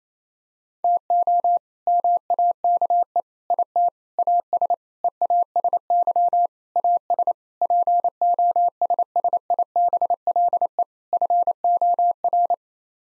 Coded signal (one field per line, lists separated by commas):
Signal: Morse code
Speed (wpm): 28 wpm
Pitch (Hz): 700 Hz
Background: none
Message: TO MAKE IT AS EASY AS POSSIBLE FOR